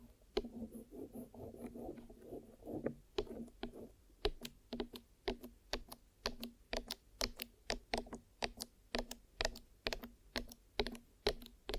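Ear massage and cleaning, heard as a run of sharp clicks and taps, sparse at first and then coming steadily about twice a second from around three seconds on. Beneath them runs a low, muffled rubbing that fades after the opening seconds.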